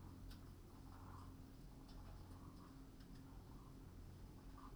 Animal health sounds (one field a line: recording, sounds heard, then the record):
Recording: poultry house recording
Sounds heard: healthy chickens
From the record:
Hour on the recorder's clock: 21